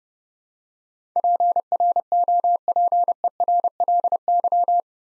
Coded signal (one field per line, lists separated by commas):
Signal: Morse code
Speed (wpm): 30 wpm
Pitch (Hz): 700 Hz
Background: none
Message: PROPERLY